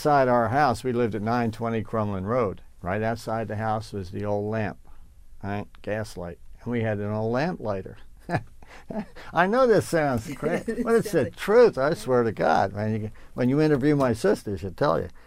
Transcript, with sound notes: outside our house, we lived at 920 Cromlin Road, right outside the house was the old lamp. Gas light. And we had an old lamplighter. (He laughs) I know this sounds crazy, but it's the truth, I swear to God, when you interview my sister she'll tell you.